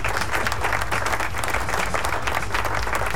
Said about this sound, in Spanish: Y también estamos en Costa Rica, en Rock FM, así que aplauso.